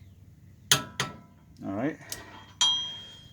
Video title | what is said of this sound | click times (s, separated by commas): 2013 Kia Rio Hub & Bearing Replacement... | until you hit a click | 0.7 s